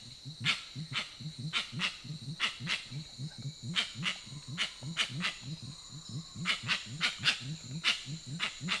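Grey-winged trumpeter giving deep, rapid hooting pulses in a steady rolling series, with a constant high buzz and sharp clicking bursts.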